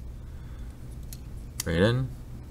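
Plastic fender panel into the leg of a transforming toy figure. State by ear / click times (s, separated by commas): not seated / none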